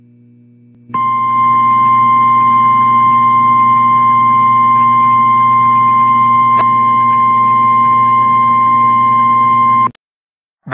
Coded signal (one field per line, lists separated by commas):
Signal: Emergency Alert System (SAME) tones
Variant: 1050 Hz attention tone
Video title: EAS FLOOD MARINE WARNING IN UPTON, NY